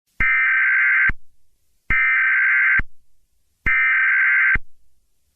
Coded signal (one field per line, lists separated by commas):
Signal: Emergency Alert System (SAME) tones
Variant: header bursts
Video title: Custom EAS maker test